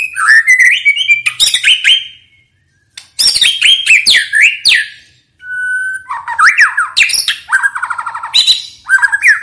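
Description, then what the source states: White-rumped shama song: rich varied phrases of rising whistles, sharp clicks and fast buzzy trills, separated by short pauses, with no other clear sounds. Vigorously singing bird; recording used as a lure to make birds respond.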